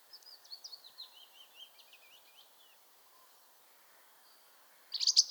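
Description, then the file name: European robin singing a rapid, high, warbling phrase that drifts downward and fades, then a sudden loud burst at the end. "Erithacus rubecula"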